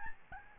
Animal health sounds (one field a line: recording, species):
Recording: mosquito wingbeat signal from an infrared sensor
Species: Aedes albopictus